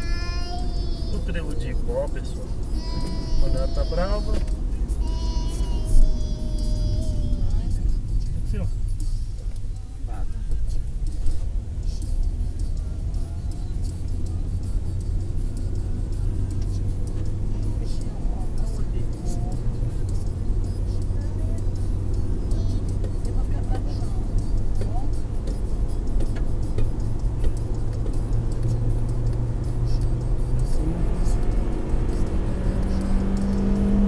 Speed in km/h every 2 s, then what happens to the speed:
58, 57, 52, 32, 15, 18, 28, 37, 45, 53, 59, 64, 69, 75, 81, 86, 95.
0-9 brakes to 15. 9-34 speeds up to 95.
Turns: none.